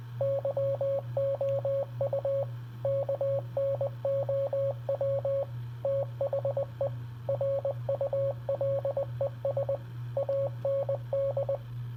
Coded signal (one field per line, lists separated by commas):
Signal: Morse code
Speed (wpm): 20 wpm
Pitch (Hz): 550 Hz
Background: radio noise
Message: YOU KNOW THE RULES AND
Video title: Random Morse code￼